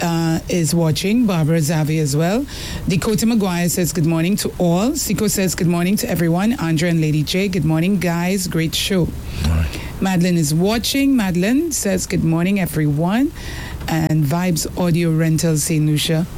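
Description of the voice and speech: One adult man talks steadily and fluently, reading out a run of viewer greetings with hardly any pauses. His voice is clear, mid-pitched and smoothly voiced, with no hoarseness, stumbling or slurring. This is ordinary speech.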